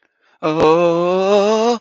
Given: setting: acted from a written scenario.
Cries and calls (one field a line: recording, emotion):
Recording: vocal sound without words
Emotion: fear